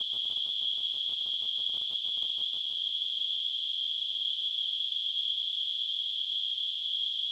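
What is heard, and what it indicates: Simulated tinnitus: a steady, high-pitched ringing tone near 3 kHz, wrapped in a soft hiss that spreads higher. It holds unchanged for the whole seven seconds.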